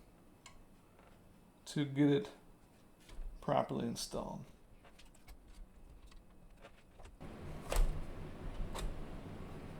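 A long graphics card is handled and lowered toward a motherboard's PCIe x16 slot while someone talks. Faint ticks and light handling sounds follow. Nothing has seated or clicked yet; the card is not home by the end.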